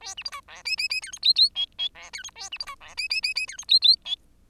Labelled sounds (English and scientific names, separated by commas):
Bengalese Finch (Lonchura striata domestica) song